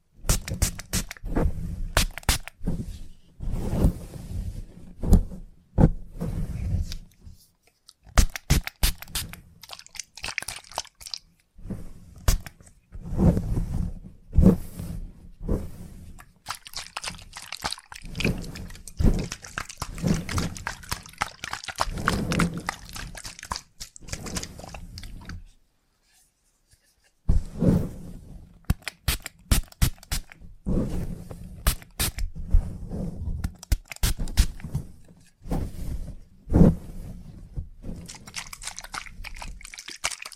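Salon haircut sounds with scissors and clippers: a busy run of short crisp snips and crunchy rustles, dense and irregular, with low thumps mixed in. The activity pauses briefly around 8, 26 and 35 seconds before resuming just as thickly.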